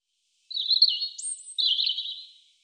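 European robin singing a short, wavering, high warbled phrase, a thin upslurred whistle, then a second trilling phrase that fades out.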